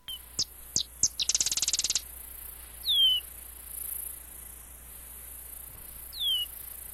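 Sedge wren singing: three or four separate high chip notes run into a rapid, buzzy rattling trill. Two thin down-slurred whistles follow several seconds apart.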